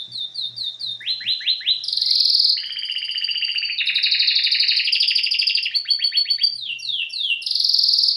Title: Canary Training Esquente Seu Filhote E Canario Belga Macho Cantando Muito